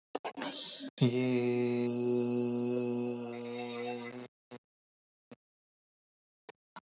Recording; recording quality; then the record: sustained vowel as in made; excellent, no background noise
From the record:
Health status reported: healthy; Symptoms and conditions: none ticked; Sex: male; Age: 34 years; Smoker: not ticked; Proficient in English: yes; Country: India